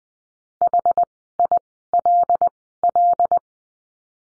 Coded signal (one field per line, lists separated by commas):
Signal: Morse code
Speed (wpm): 20 wpm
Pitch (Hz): 700 Hz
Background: none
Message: HILL